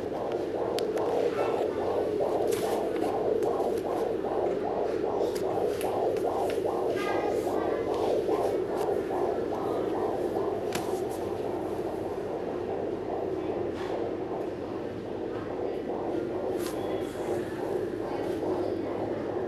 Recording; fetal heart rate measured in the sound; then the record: fetal heartbeat by stethoscope microphone, probably a fetal Doppler's sound; 148 bpm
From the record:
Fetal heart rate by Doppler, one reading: 148 bpm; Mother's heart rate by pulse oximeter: 88 bpm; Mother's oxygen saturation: 97%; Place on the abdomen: bottom middle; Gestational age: 32+ weeks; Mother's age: 26 years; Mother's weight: 72 kg